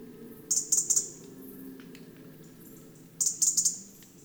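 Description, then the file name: European robin: two rapid runs of high, dry ticks, each of several notes, over a faint steady low rumble. "Erithacus rubecula"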